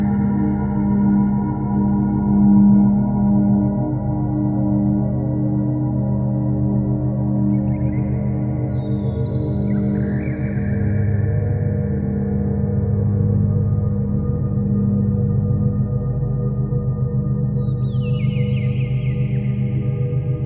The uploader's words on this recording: 432 Hertz PURE CLEAN BINAURAL TONES.